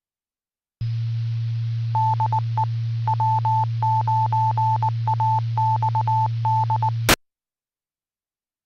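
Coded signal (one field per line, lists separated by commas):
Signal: Morse code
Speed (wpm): 20 wpm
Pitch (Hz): 880 Hz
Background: none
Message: DE W9AXD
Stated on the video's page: Heard during a Friday night fun net livestream.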